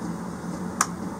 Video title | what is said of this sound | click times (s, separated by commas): CHINESE DIESEL HEATER TEARDOWN AND REBUILD HOW TO 5-8KW | like so you'll hear it snap | 0.8 s